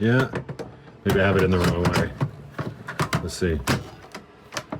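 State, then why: Seated. Someone talks while refitting a plastic divider panel into its slot in a dual-zone portable fridge-freezer, and short knocks and handling sounds come from the panel. The divider snaps into place with clicks at 4.6 and 4.7 seconds, and it is seated.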